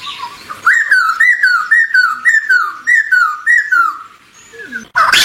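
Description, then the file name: Bulbul giving a quick, even string of descending, slurred whistled notes, ending in a sharp noisy burst. Bird singing and calling. "Tieng chim Bo Chao hot keu"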